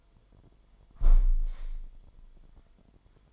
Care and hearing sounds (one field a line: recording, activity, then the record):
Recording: daily activity, microphone in the room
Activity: close window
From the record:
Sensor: 5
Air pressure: 998.7 hPa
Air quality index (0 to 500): 104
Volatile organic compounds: 2 ppm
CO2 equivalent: 1207 ppm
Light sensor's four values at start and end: 113/282/117/132 and 111/277/115/130